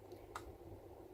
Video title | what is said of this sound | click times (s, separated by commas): Car Dash Camera from Yi - Cheap but is it good? (Unboxing and first impression) | then just slide it in and you'll click in place. | 0.4 s